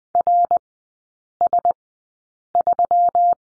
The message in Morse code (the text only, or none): RS3